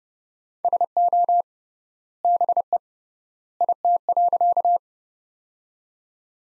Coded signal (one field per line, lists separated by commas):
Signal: Morse code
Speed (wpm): 31 wpm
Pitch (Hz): 700 Hz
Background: none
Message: SO BE IT.